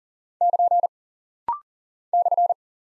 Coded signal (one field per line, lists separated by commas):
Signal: Morse code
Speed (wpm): 40 wpm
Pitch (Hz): 700 Hz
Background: none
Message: <KN> /